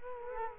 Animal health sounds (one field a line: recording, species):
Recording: mosquito wingbeat signal from an infrared sensor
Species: Culex quinquefasciatus